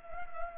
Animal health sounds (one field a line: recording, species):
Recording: mosquito wingbeat signal from an infrared sensor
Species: Culex pipiens